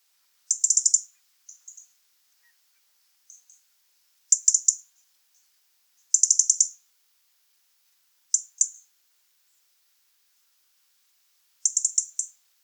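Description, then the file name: European robin giving quick stuttering bursts of very high, sharp ticks, in clusters every few seconds with short quieter notes between, against a silent background. "Erithacus rubecula"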